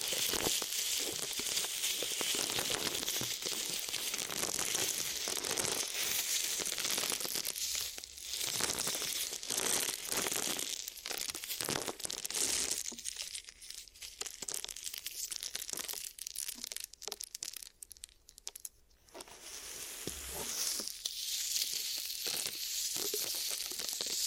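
Ear massage and cleaning sounds fill the recording: dense, bright crinkling and rubbing that crackles without letup. The texture thins around eight seconds and again between thirteen and nineteen seconds, with sparser scratchy strokes, then grows full and steady again toward the end.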